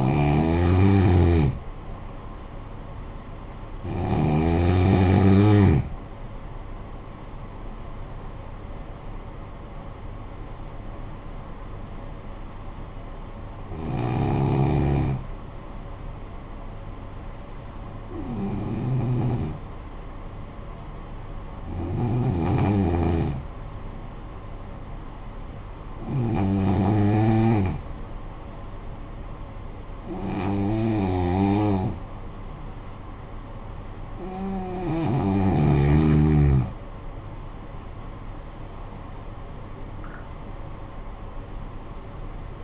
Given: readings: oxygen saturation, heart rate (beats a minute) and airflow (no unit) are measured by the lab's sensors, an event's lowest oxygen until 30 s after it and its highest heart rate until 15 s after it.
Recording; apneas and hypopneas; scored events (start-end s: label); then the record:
breathing in sleep by a smartphone at the bedside; 1
19.00-37.30 s: hypopnea (N2, oxygen 95% highest, then 88% lowest, heart rate 52 at the start, 69 highest)
From the record:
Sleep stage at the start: N2 (light sleep); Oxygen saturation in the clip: 91 to 95%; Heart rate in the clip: 51 to 69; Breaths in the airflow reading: 10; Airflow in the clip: -10.0 to 12.3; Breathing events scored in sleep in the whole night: 445 in 7.6 hours asleep